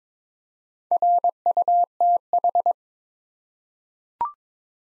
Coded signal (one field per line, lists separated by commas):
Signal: Morse code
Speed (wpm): 22 wpm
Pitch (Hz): 700 Hz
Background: none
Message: RUTH